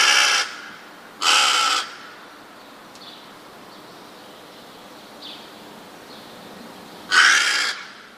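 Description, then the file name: Rook giving rough, noisy caws, two in quick succession at the start, a long pause with faint calls, then one more harsh caw. "gawron"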